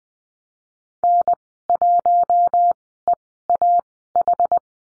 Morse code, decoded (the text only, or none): N1EAH